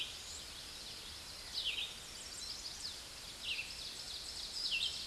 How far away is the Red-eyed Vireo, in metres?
about 20 m